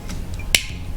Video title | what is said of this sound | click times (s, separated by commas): Hangar 9 Carbon Cub 15cc BUILD Part 4 | there you go did you hear that nice click look at that | 0.5 s